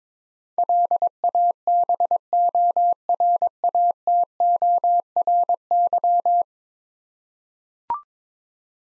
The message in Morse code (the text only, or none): LABORATORY